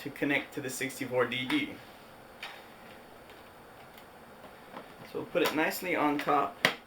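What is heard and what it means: Someone talks while an N64 game console is handled and set down on top of the 64DD disk drive add-on unit, lined up with its plastic expansion-bay connector so it can be pressed in and snapped into place. Between the stretches of speech there is a quiet pause with one brief tick around 2.4 s. Nothing has seated or clicked yet.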